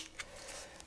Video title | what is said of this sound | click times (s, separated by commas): Nintendo Switch Unboxing | two droid cons very positive click and I | 0.2 s, 0.8 s